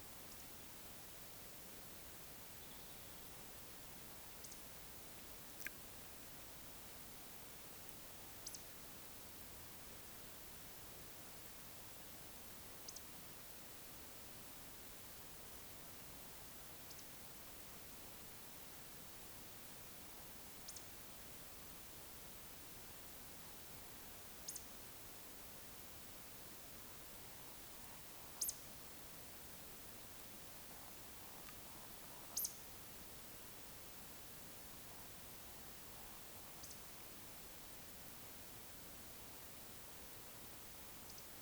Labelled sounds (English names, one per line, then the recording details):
Eurasian Woodcock whistle
Eurasian Woodcock croak
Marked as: whistle, whistle, whistle, whistle, whistle, whistle, whistle, croak, whistle, croak, whistle, croak, whistle, whistle
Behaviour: display flight
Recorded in Baden-Württemberg, Germany, on 20 May 2021 at 19:50 UTC
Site 24606, 635 m above sea level